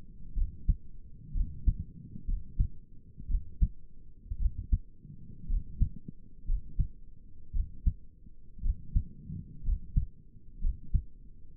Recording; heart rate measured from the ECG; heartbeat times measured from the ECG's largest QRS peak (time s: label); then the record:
heart sounds by stethoscope; 59 bpm
0.37 s: heartbeat
1.35 s: heartbeat
2.28 s: heartbeat
3.30 s: heartbeat
4.40 s: heartbeat
5.50 s: heartbeat
6.48 s: heartbeat
7.54 s: heartbeat
8.64 s: heartbeat
9.65 s: heartbeat
10.62 s: heartbeat
From the record:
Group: healthy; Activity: rest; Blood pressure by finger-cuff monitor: 80/50 mmHg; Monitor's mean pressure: 63 mmHg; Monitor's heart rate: 58 bpm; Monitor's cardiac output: 5.7 L/min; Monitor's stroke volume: 95 mL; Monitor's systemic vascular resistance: 790 dyn s/cm5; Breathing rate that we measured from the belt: 16 breaths a minute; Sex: male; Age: 22 years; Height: 181 cm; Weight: 79 kg